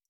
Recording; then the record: hydrophone in a shrimp aquaculture tank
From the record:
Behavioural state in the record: stressed